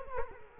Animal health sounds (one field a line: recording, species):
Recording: mosquito wingbeat signal from an infrared sensor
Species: Culex quinquefasciatus